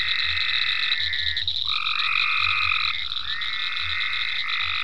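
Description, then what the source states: Frogs calling together, sustained trills rising at their starts and overlapping, with low pulsing croaks underneath. Frogs in ponds at Venaura farm, recorded 27 May 2010.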